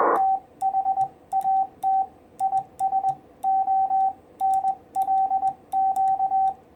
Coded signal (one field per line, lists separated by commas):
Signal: Morse code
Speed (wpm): 20 wpm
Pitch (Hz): 770 Hz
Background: radio noise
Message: THAT IS ONLQ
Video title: 6' High 40m EFHW Real World SHTF Antenna - 2nd Contact Attempt